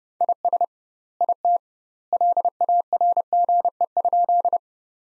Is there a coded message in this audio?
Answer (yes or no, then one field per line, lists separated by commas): yes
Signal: Morse code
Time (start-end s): 0.2-4.6 s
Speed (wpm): 30 wpm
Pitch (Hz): 700 Hz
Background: none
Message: IS IT LARGE?